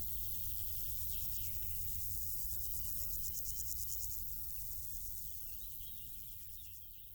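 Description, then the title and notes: Insects stridulating in grass, a fast pulsed high buzz over a low background rumble, the sound fading toward the end. Insects stridulating in grass on île Gabriel, Brangues, France; sunny summer afternoon, June 2021; two small Lom Usi Pro capsules placed in the grass, stereo AB, SD MixPre 6. "île Gabriel - Brangues, France - Bourdons et crissements estivaux. Une après-midi ensoleillée sur l'île Gabriel. en juin 2021. je dépose deux petites capsules dans l'herbe afin de capter les stridulations des insectes à cette saison"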